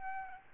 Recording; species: mosquito wingbeat signal from an infrared sensor; Aedes albopictus